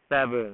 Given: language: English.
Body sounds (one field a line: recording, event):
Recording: throat vibration sensor signal played as sound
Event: speech